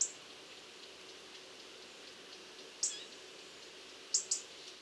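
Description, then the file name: European robin calls, four very high, thin ticking notes, one at the start, one later and two close together near the end, over a faint steady hiss. "Erithacus rubecula"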